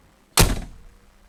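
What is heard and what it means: The cab door of a 1959 pickup truck is swung shut, and its steel latch catches into the striker with one sharp, full-bodied thunk at 0.4 s. The impact rings briefly before fading back to quiet, leaving the door latched closed.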